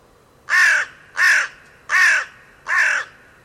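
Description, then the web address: Bird giving four coarse calls in quick succession, roughly every three-quarters of a second, with little else audible. "cianscape. Deverinetal. Bird Only"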